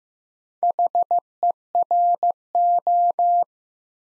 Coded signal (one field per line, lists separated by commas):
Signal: Morse code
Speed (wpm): 15 wpm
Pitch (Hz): 700 Hz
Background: none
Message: HERO